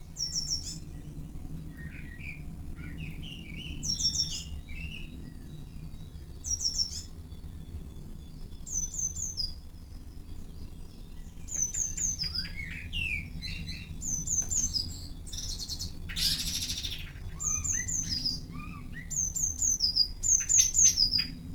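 Several kinds of birds call back and forth in a garden in the early morning, with quick high chirps, short trills and rising whistles coming every second or two. A steady low rumble runs underneath throughout, and a brief harsh burst stands out around sixteen seconds.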